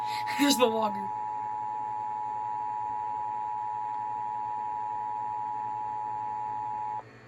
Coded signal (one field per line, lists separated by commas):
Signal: Emergency Alert System (SAME) tones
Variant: 853 and 960 Hz attention tone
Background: speech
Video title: n e w h a m p s i r e (EAS #96)